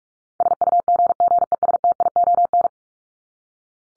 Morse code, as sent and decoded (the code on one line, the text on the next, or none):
... ..- --. --. . ... - .. --- -.
SUGGESTION